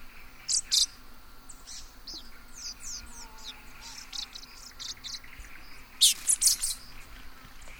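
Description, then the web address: Black-faced dacnis calls: scattered high, thin, sharp chirps and short slurred notes, with a pair near the start and a quick burst of three or four near the end, over a faint steady insect hum. Recorded in the eastern lowlands of South America. "Natures Songs S America Eastern Lowlands Black-faced Dacnis"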